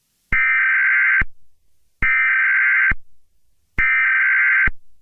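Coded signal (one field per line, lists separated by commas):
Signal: Emergency Alert System (SAME) tones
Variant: header bursts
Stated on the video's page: Fictional EAS scenario, remastered version.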